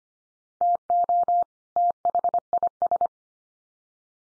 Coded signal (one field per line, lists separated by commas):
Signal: Morse code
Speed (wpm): 25 wpm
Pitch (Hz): 700 Hz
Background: none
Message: TO THIS